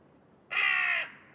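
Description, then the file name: Carrion crow giving a single harsh, hoarse caw lasting about half a second, with no other sounds. "Corvus corone"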